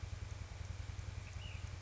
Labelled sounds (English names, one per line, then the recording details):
Ash-throated Flycatcher
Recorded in Sonoma County, California